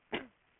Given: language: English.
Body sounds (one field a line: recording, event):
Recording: throat vibration sensor signal played as sound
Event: cough